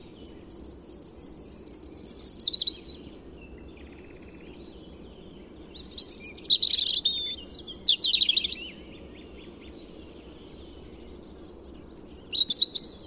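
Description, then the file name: European robin song: several separate high, liquid phrases of sliding whistles and fast trills, with quiet gaps between them. "Erithacus rubecula"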